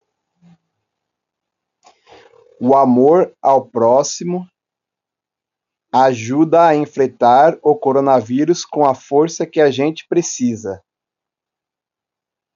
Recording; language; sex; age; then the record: spoken sentence; Brazilian Portuguese; male; 30 to 39 years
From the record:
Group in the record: control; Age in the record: 38 years